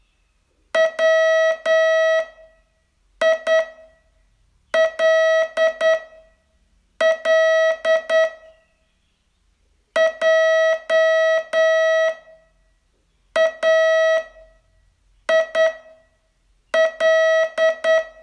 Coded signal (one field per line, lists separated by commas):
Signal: Morse code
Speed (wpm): 9 wpm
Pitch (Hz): 640 Hz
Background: none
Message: WILL JAIL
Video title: Learn Morse in 42 Days from VU2LAU - day 25